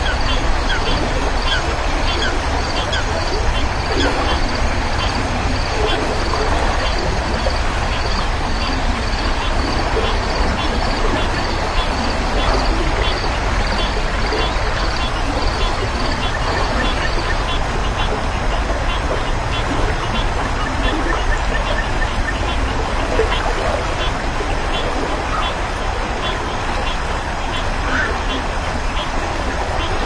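Frogs and insects call beside a quiet river in a dense, steady chorus that never lets up. A high, rapid pulsing trill repeats evenly through the first half and then fades, while croaking calls and a low rushing murmur fill the background throughout.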